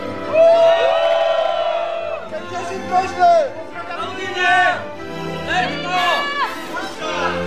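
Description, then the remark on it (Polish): A live crowd at a Polish Radio Trójka chart show broadcast from Szklarska Poręba in February 2015 shouts greetings all at once, a loud jumble of overlapping voices with high whoops and cheers rising and falling in bursts over several seconds. “Ci, którym nie udało się przesłać pozdrowie, mogą teraz krzyknąć.”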